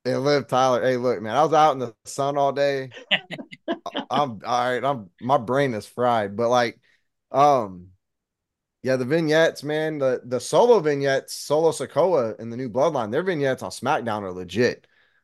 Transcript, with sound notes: And Liv Tyler, hey, look, man, I was out in the sun all day. (laughs) All right, my brain has fried, but like, yeah, the vignettes, man, the solo vignettes, solo sakoa in the new bloodline, the vignettes on SmackDown are legit.